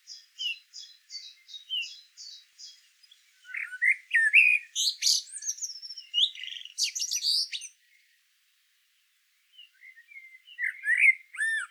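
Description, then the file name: Common blackbird singing: a run of quick high squeaky repeated notes, then warbled, twittering phrases with shrill squeaks, a pause, and a last warbled phrase. "Turdus merula"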